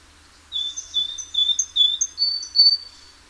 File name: Parus major